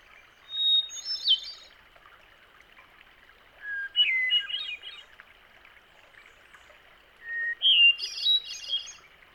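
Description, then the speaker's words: Hermit Thrush singing three separate songs a few seconds apart, each opening on a pure whistle and breaking into a tumbling jumble of flute-like notes. Each song begins with a clear whistle and ends with a musical jumble of notes; individual males have several songs and usually cycle through them all before repeating. "Individual males have several different songs in their repertoire, and usually cycle through them all before repeating a pattern again."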